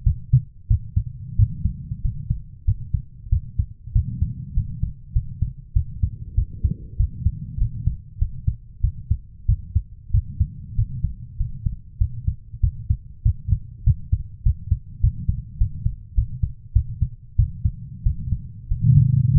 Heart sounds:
heart sounds by stethoscope; 96 bpm
0.04 s: heartbeat
0.68 s: heartbeat
1.36 s: heartbeat
2.02 s: heartbeat
2.65 s: heartbeat
3.30 s: heartbeat
3.93 s: heartbeat
4.54 s: heartbeat
5.13 s: heartbeat
5.73 s: heartbeat
6.35 s: heartbeat
6.97 s: heartbeat
7.58 s: heartbeat
8.19 s: heartbeat
8.81 s: heartbeat
9.46 s: heartbeat
10.11 s: heartbeat
10.76 s: heartbeat
11.37 s: heartbeat
11.98 s: heartbeat
12.61 s: heartbeat
13.23 s: heartbeat
13.84 s: heartbeat
14.43 s: heartbeat
15.01 s: heartbeat
15.58 s: heartbeat
16.15 s: heartbeat
16.73 s: heartbeat
17.36 s: heartbeat
18.03 s: heartbeat
18.68 s: heartbeat
19.33 s: heartbeat
From the record:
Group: healthy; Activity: rest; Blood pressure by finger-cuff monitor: 131/67 mmHg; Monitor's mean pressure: 89 mmHg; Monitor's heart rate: 97 bpm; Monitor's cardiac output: 8.7 L/min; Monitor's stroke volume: 89 mL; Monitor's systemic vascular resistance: 730 dyn s/cm5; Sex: female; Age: 24 years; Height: 163 cm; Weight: 55.7 kg

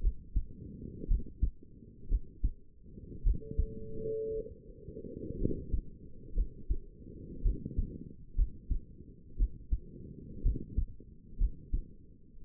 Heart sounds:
heart sounds by stethoscope; 58 bpm
0.02 s: heartbeat
1.08 s: heartbeat
2.09 s: heartbeat
3.24 s: heartbeat
4.34 s: heartbeat
5.39 s: heartbeat
6.35 s: heartbeat
7.43 s: heartbeat
8.36 s: heartbeat
9.37 s: heartbeat
10.43 s: heartbeat
11.39 s: heartbeat
From the record:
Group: healthy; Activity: rest 0-4 s, cold pressor test 4-12 s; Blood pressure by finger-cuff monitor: 103/60 mmHg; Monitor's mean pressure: 74 mmHg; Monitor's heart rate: 59 bpm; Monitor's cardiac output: 5.4 L/min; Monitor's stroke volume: 93 mL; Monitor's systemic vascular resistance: 980 dyn s/cm5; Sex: female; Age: 28 years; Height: 170 cm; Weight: 77 kg

